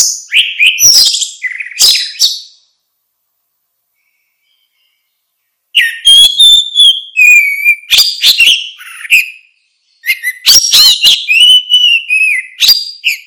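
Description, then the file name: Orange-headed thrush song: rich whistled phrases with slurred notes, delivered in bursts, with a long pause after the first, and no other sounds. "suara kicau burung anis merah"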